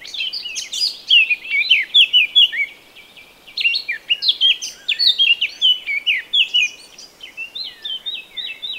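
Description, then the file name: Eurasian blackcap song: two warbling phrases of mixed scratchy and whistled notes, the second ending in a short series of repeated clear notes. "Sylvia atricapilla"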